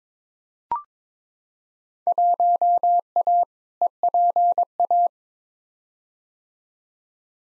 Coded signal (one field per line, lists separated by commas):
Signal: Morse code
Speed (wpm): 22 wpm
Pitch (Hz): 700 Hz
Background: none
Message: 1A EPA